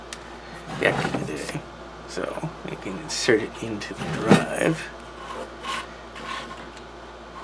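A 5.25-inch floppy disk is handled at the slot of a Toshiba ND-0802GR 5.25-inch floppy disk drive, a drive with a spring-loaded ejection mechanism that is being repaired for a bad index sensor. Someone talks over soft rubbing and handling noises with a brief tap near 0.1 s. The disk has not yet gone in, so nothing has seated or clicked yet.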